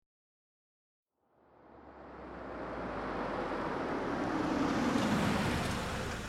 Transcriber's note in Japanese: 自動車止まる